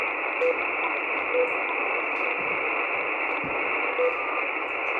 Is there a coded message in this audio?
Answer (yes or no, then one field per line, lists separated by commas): no